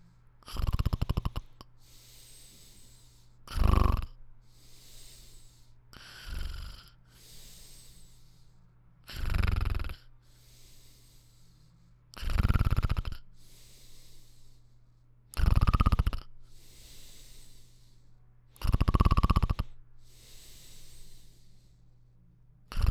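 Snoring from a sleeping adult: eight loud, rough, low-pitched snores come about every three seconds, roughly 19 to 20 breaths a minute. Softer breathy exhalations fill the gaps between them.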